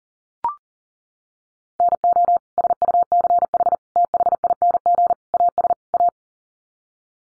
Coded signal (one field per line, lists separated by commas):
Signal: Morse code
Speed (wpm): 40 wpm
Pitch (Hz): 700 Hz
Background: none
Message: NO SUCH THING AS A